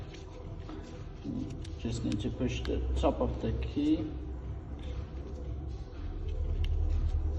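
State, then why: Released. The top of a VW Passat remote key is pushed until the plastic top cover clicks free so it can slide off the key body to the left, with a sharp click at 6.6 s. Someone talks throughout over a low rumbling background. The cover is released.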